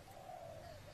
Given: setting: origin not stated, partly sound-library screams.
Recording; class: one-second piece from a danger detection set; normal situation